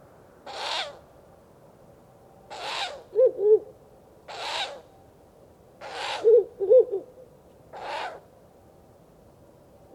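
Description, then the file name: Owl giving breathy, hissing bursts roughly every two seconds, with short low hoots between some of them. A pair. "owl tsugai"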